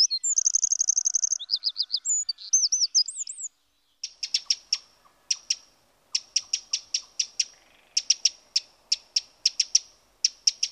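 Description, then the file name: Eurasian wren opening with a fast high trill and twittering phrases, then switching to sharp dry tick calls repeated in quick clusters. "Troglodyte Mignon"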